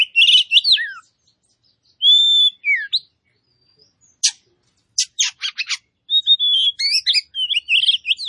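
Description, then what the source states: Oriental magpie-robin song of mixed clear whistles and downward slurs, broken by a rapid series of harsh, rasping notes, then lively warbled phrases. Kacer poci form, described as gacor (singing persistently).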